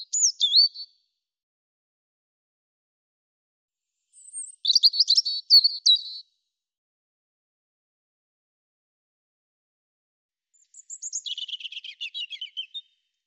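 European robin song in three separated high phrases, thin whistles and rapid tinkling notes, each phrase up to about two seconds with long silent pauses between.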